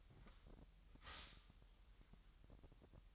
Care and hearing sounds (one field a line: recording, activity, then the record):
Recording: daily activity, microphone in the room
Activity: stop toaster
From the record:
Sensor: 3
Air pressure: 1001.9 hPa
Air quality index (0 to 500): 247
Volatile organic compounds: 50 ppm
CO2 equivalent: 3303 ppm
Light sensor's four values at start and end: 13/39/17/15 and 13/39/17/15